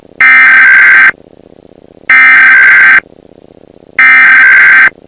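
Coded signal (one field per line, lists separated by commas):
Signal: Emergency Alert System (SAME) tones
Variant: header bursts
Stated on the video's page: A fictional emergency alert message on a TV station, taken from a VHS tape.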